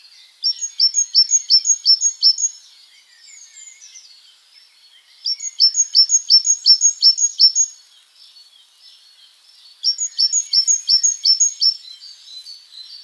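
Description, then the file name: Great tit song: three bursts of bright, repeated two-note phrases, each burst about two seconds long, separated by short pauses with faint chirping between. "Parus major"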